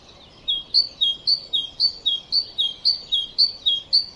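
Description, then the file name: Great tit song, a bright two-note motif with a lower note rising to a slightly higher one, repeated rhythmically and evenly throughout. "Parus major"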